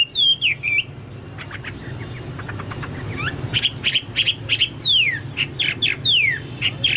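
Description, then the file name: Chinese hwamei song with a few whistled slurs, a soft pause, then a series of sharp, clear repeated notes and downslurred whistles. "hwamei-2-omkicau"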